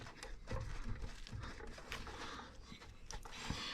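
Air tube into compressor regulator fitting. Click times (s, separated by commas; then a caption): 3.1 s. The air tube from the pump is pushed back into its fitting on the regulator of a Stanley 2.5 hp 190 lpm belt-drive air compressor. Scattered handling noise and rustle lead up to a sharp click at 3.1 s as the tube seats in place.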